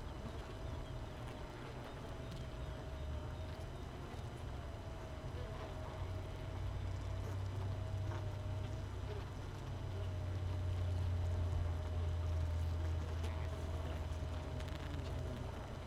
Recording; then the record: honeybee colony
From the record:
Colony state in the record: missing queen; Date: 31 May 2018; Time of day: 6:41